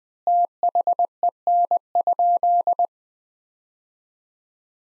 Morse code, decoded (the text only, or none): THEN?